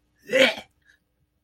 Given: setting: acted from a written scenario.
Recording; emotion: vocal sound without words; disgust